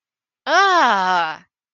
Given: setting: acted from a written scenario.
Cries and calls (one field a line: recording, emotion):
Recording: vocal sound without words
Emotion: negative surprise